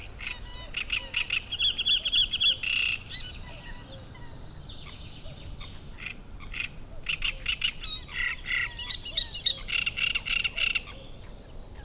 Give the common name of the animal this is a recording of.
Great Reed Warbler